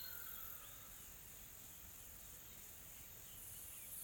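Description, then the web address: Insects, a soft high drone throughout, with faint thin bird whistles. Calm, soft insect ambience in a tropical forest in South Africa. "Smart Sound FX - Nature South Africa AMBIENCE Additional Tropical Forest Soft Insects Calm"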